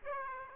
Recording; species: mosquito wingbeat signal from an infrared sensor; Aedes aegypti